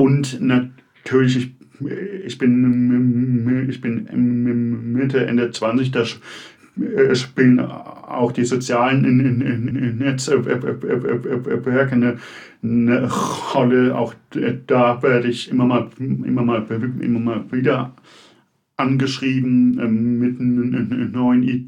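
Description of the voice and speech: A man speaks German with frequent disfluencies: a phrase is repeated ("ich bin… ich bin"), "immer mal" comes three times, sounds are stretched, and pauses split words such as "Netz-werke." The voice otherwise sounds ordinary. This pattern is typical of stuttering.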